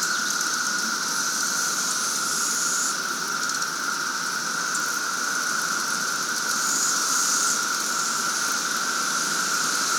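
Cicada chorus, an unbroken buzzing drone with a high hiss and no distinct pulses.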